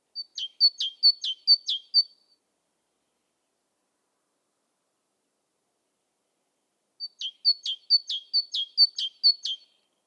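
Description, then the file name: Great tit song in two bursts of rhythmic see-saw phrases, high whistle then lower note, separated by about five seconds of silence. "Parus major"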